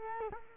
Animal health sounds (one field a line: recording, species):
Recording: mosquito wingbeat signal from an infrared sensor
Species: Culex quinquefasciatus